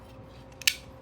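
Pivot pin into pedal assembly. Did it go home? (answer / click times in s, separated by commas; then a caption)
partly / 0.6 s, 0.7 s. A pivot pin is pushed into the pedal assembly of a 1967 VW Type 3 Squareback, giving two sharp metallic hits at 0.6 s and 0.7 s, the second louder. The pin goes only partway in, stopped on purpose short of fully home because the assembly will be taken apart again.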